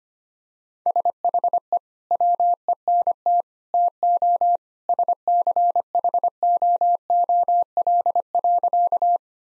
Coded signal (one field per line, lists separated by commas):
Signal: Morse code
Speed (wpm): 25 wpm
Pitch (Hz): 700 Hz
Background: none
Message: SHE WENT TO SCHOOL.